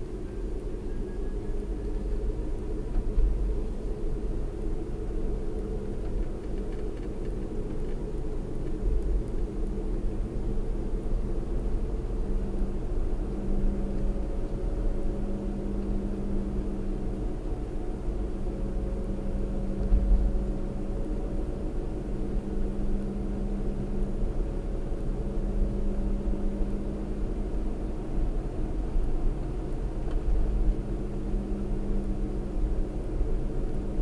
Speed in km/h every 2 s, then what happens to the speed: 45, 48, 48, 47, 48, 52, 53, 55, 53, 53, 55, 55, 55, 56, 56, 55, 53.
0-7 steady at about 47. 7-13 speeds up to 55. 13-34 steady at about 55.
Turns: none.